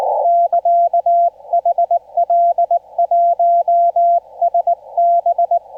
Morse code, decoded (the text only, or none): <KA> HL1SB